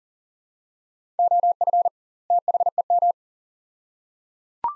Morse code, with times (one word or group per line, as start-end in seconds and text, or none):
1.2-1.9 OF
2.3-3.1 THEM